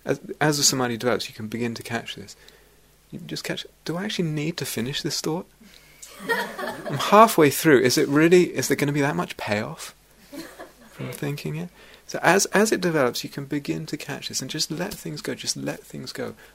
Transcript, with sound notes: As the samādhi develops, you can begin to catch this, and you just catch, "Do I actually need to finish this thought?" [laughter] "I'm halfway through. Is it really... is there going to be that much payoff from thinking it?" So as it develops, you can begin to catch this and just let things go, just let things go.